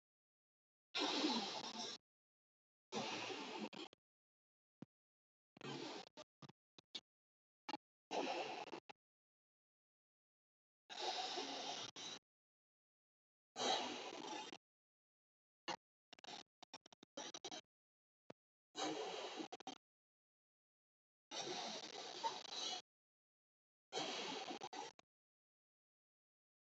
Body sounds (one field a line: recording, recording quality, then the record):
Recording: deep breathing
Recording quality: excellent, no background noise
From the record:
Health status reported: healthy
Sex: male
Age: 22 years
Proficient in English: yes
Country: India